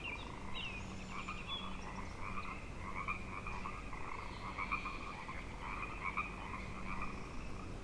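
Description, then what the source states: Frog chorus, many frogs croaking together in a steady pulsing wash, a brief high bird chirp early on. Frog chorus tuning up at Grafton Lake, 3 May 2009.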